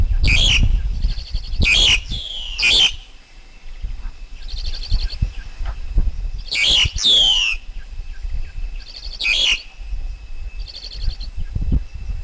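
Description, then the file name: Black-collared Starling song: loud harsh screeching bursts at irregular intervals, a descending squeal near seven seconds, and softer buzzy trilled phrases between them. Wild forest bird's song, used for teaching young birds to sing. "Tieng chim ca cuong rung tap chim con hot"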